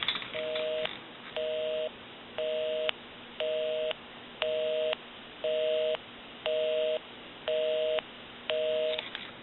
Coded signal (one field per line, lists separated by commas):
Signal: telephone call progress tone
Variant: North America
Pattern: busy tone